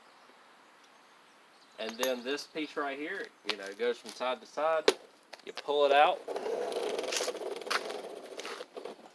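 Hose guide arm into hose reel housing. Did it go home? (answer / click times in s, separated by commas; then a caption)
yes / 8.4 s. Someone talks while the side-to-side hose guide arm on a Legooin 90 ft retractable hose reel is pulled out along the reel housing, with a stretch of handling noise after the speech. A sharp click at 8.4 s marks the guide arm locking into place in the housing.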